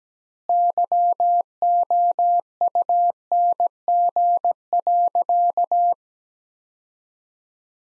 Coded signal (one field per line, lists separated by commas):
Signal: Morse code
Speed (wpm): 17 wpm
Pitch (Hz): 700 Hz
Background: none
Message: YOUNG.